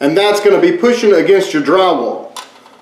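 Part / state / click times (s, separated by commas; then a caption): spring retaining clip on a recessed light housing / not seated / none. Someone talks while handling one of three spring retaining clips inside a remodel recessed can light housing, which is meant to be pushed outward until it snaps into its locked position against the drywall. A faint brief tap is heard near 2.4 seconds as the talking fades. Nothing has clicked or seated yet.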